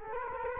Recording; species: mosquito wingbeat signal from an infrared sensor; Culex quinquefasciatus